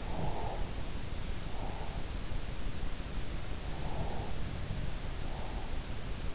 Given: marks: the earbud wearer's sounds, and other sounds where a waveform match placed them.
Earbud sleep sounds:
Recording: sounds in sleep by an in-ear microphone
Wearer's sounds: breath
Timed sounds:
0.03-0.83 s: breath
3.54-5.20 s: sound from someone else or the room

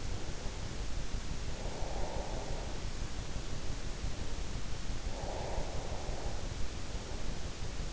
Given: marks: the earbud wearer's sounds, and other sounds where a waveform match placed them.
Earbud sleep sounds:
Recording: sounds in sleep by an in-ear microphone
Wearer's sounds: breath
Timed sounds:
1.20-2.75 s: breath
5.04-6.37 s: breath

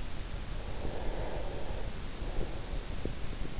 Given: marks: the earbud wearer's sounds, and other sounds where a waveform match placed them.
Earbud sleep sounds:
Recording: sounds in sleep by an in-ear microphone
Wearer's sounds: breath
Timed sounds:
0.42-3.17 s: breath

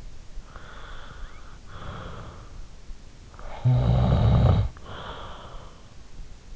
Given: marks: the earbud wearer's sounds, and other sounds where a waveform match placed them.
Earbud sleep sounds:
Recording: sounds in sleep by an in-ear microphone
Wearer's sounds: breath, snoring breath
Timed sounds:
0.34-2.80 s: breath
3.26-5.94 s: snoring breath

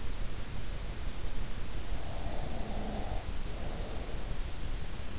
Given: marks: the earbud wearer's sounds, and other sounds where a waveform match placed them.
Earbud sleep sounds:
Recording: sounds in sleep by an in-ear microphone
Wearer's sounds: breath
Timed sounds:
1.96-4.22 s: breath

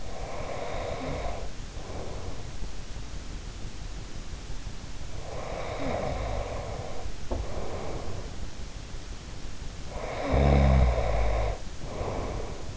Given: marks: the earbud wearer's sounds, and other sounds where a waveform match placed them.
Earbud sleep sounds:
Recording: sounds in sleep by an in-ear microphone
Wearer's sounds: breath, snoring breath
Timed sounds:
0.00-2.56 s: breath
5.33-8.35 s: snoring breath
10.00-12.76 s: snoring breath

